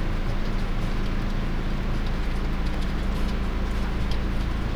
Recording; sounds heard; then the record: poultry house recording; no chicken sound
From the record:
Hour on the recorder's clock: 19